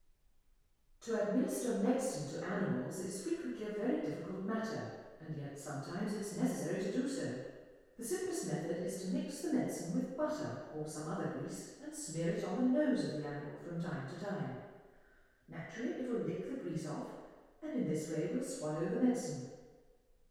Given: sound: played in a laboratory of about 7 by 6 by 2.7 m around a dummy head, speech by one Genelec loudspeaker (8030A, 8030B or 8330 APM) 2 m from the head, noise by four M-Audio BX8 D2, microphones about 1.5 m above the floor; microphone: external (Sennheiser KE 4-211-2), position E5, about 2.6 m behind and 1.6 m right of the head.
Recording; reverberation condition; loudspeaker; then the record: female speech in English; high; 90 degrees to the right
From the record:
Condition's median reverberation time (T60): about 1300 ms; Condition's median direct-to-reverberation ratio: about -4.0 dB